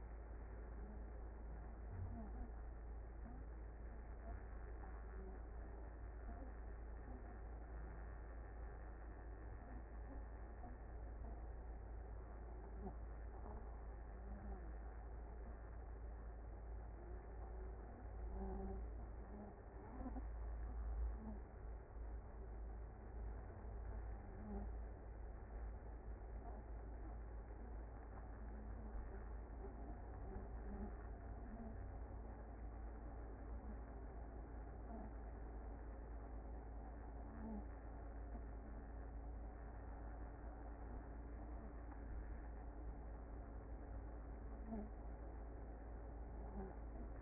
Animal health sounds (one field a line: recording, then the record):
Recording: honeybee colony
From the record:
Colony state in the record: active